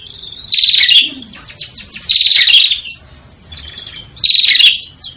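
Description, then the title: Prinia calls: three loud buzzy, metallic bursts with fainter chattering notes between them. Noisy prinia calls used as a lure to attract prinias, including red-headed and visiting birds. "Suara Prenjak Ribut Buat Pikat Burung Prenjak Kepala Merah Prenjak Tamu"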